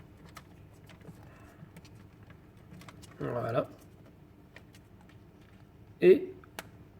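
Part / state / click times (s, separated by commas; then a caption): dosing pump cable connector into doser controller port / seated / 6.6 s. A numbered dosing-pump cable connector is plugged into its port on a doser controller, and it seats with a sharp plastic click at 6.6 s. Faint light ticks and handling taps come before it, and someone talks briefly around 3.3 s and again around 6.1 s, just before the click.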